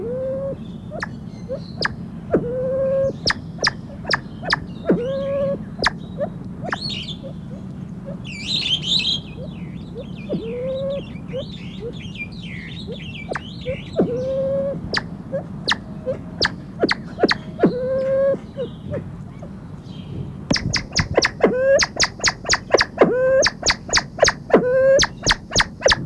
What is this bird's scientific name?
Lophura ignita